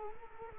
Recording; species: mosquito wingbeat signal from an infrared sensor; Culex quinquefasciatus